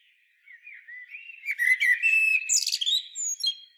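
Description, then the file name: Common blackbird song opening with soft low whistles that swell into a loud, fast tangle of high squeaks and twitters. "Turdus merula"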